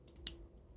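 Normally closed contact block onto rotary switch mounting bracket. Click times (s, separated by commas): 0.3 s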